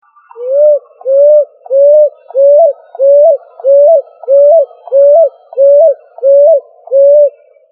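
Pigeon cooing, a short rising-then-level coo repeated steadily about every 0.6 seconds, eleven coos in all.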